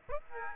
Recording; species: mosquito wingbeat signal from an infrared sensor; Aedes aegypti